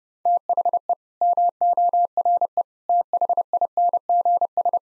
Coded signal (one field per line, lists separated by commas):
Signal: Morse code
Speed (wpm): 30 wpm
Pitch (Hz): 700 Hz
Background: none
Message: THE MORE THINGS